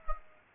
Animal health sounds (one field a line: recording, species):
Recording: mosquito wingbeat signal from an infrared sensor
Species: Aedes aegypti